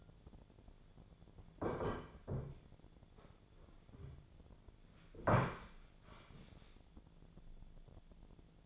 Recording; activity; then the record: daily activity, microphone in the room; sit down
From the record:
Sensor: 5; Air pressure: 1008.2 hPa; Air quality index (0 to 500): 154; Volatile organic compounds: 3 ppm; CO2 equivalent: 1486 ppm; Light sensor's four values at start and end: 58/164/64/64 and 59/165/64/64